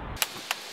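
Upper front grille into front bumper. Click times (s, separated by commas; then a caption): 0.2 s, 0.5 s. A plastic upper front grille on a Saab 9-3 is pushed into position in the front bumper. Two sharp, brief clicks ring out at 0.2 s and 0.5 s against quiet low rumble. The grille clips into the bumper and is seated.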